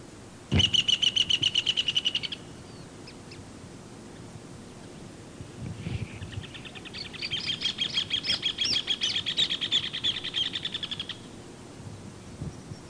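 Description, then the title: Bird song in two fast trills of bright repeated notes, a short burst near the start and a longer rolling phrase later. "LuckyPassaro Completos2Sama"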